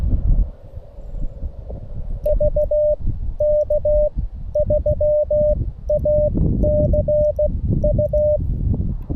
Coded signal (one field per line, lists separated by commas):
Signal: Morse code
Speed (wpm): 15 wpm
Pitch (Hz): 600 Hz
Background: none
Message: VK3ACU